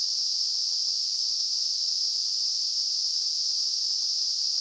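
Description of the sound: Simulated tinnitus: a steady, continuous high-pitched hiss concentrated in a narrow band around 5 kHz, unchanging in pitch and loudness throughout.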